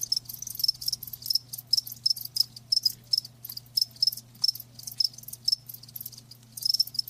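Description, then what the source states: Cricket chorus, shrill, with distinct bright chirps repeated in a fairly steady rhythm over a low hum. Live crickets chirping, a lulling song.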